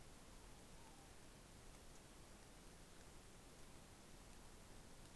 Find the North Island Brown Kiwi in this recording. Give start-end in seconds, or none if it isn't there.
none